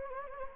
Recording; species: mosquito wingbeat signal from an infrared sensor; Anopheles gambiae